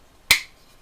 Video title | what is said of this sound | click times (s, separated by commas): Mini Drak Nacelle By Team Scream | snaps into place and that dimple keeps it from moving around | 0.3 s